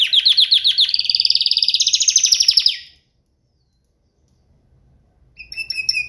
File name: Gomez Juan biofonia canto canario